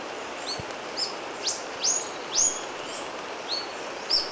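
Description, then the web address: Yellow-throated bush tanager song: several high, thin slurred notes spaced about half a second apart over a steady background hiss. Recorded in Ecuador. "S America Birds of Ecuador. Yellow-throated Bush-Tanager"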